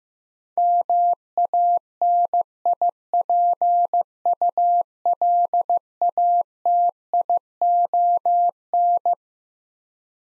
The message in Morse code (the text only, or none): MANIPULATION